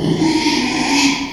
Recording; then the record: squeal of a Yucatan mini pig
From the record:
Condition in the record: after surgery on the right vocal fold (resection and tissue-engineered implant); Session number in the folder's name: 2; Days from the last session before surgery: 13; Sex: male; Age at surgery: 12 weeks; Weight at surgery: 13 kg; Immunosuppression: cyclosporine, prednisolone